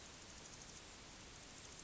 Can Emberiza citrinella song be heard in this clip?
no